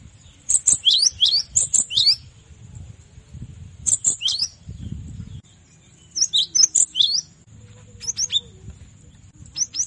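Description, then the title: Cinereous tit song: bursts of high, sharp down-slurred whistled notes in quick runs of several, with brief pauses between phrases and a faint low hum beneath. Masteran recording used to train other songbirds. "Masteran Gelatik Batu"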